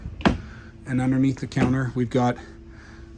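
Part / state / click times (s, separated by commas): cupboard door latch on RV cabinet / seated / 0.2 s, 0.3 s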